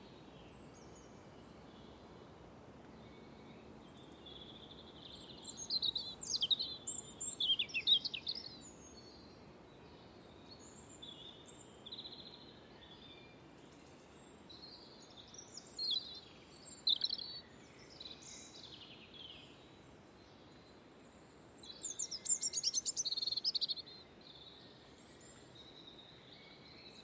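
Birds sing in a dawn chorus over a steady low hum of traffic. High, bright bursts of chirps and twittering trills come in clusters, loudest around six to eight seconds and again near twenty-two to twenty-four seconds, with quieter calls between.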